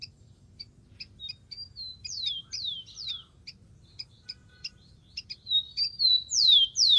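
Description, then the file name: Rufous-collared sparrow song: a few clear whistled notes sliding steeply downward, heard twice, with short high chips ticking steadily in the background. "canto do tico tico"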